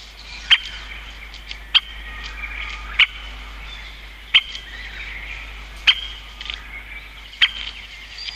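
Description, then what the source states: Great Spotted Woodpecker giving sharp, single 'kik' calls about every one to one and a half seconds, six in all. Call (jinaki) said to differ little from the Japanese green woodpecker's, so the two are hard to tell apart; more common in eastern than western Japan.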